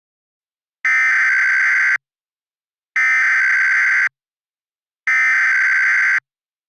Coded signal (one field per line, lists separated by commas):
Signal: Emergency Alert System (SAME) tones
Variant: header bursts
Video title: Eas scenario West Coast impact